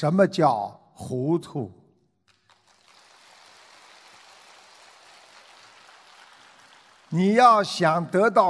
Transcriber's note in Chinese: 掌声